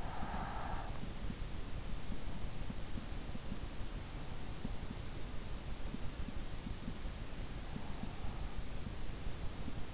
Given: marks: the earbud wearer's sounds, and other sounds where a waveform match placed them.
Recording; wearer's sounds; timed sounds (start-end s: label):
sounds in sleep by an in-ear microphone; breath
0.00-1.31 s: breath